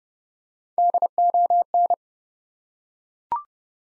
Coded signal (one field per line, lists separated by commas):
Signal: Morse code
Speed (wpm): 30 wpm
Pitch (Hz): 700 Hz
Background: none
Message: DON